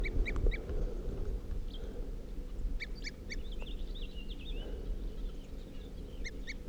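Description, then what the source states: Crossbill calls: short, clipped toop notes in pairs and triplets, scattered sparsely over a steady low rumbling background. Bird tooping repeatedly from a ponderosa pine on a hilltop around 8:23 p.m.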